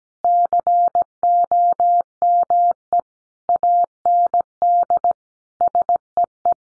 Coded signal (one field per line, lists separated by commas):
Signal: Morse code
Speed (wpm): 17 wpm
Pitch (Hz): 700 Hz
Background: none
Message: COME AND SEE